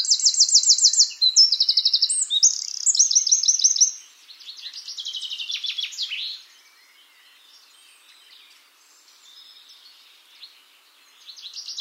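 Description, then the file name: Eurasian wren with a loud opening of rapid high trills, a quieter follow-on phrase, a long lull, and the start of a new trilled phrase at the end. "Troglodytes troglodytes"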